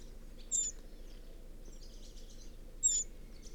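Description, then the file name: Eurasian wren calls: two sharp, high notes a little over two seconds apart, with faint soft chatter between them and low background noise. "Troglodytes troglodytes"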